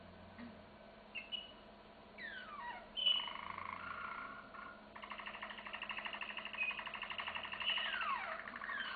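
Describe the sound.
Canary song: faint scattered notes and a few downward sweeps, then a long fast rattling trill with higher whistled notes. A low steady hum runs underneath.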